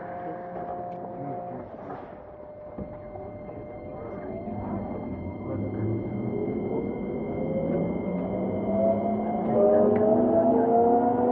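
A Keikyu 2100 series train pulls away, its motor whine climbing in a rising, musical scale of stacked tones from about four seconds on. A low rumble grows steadily louder underneath, with a faint high steady tone and occasional clunks in the first half.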